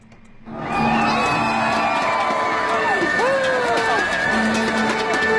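A loud, sustained crowd at the Shougang Basketball Center in Beijing roars and cheers as the Beijing women's basketball team beats Shanxi 85-63 to win the championship, after a brief quiet start, with high whoops, shrill whistles and excited shouts rising and falling across the steady wash of noise.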